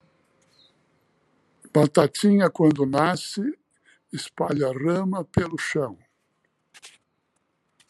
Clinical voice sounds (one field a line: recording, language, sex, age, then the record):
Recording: short text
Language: Brazilian Portuguese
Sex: male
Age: 70 to 79 years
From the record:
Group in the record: control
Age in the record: 75 years